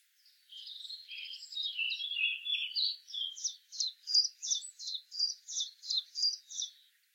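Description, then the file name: Common chiffchaff song: a soft, jumbled twittering opening, then a steady series of sharp high notes alternating in pitch, about three per second. "zilpzalp"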